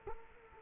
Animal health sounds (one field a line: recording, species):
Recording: mosquito wingbeat signal from an infrared sensor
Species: Culex quinquefasciatus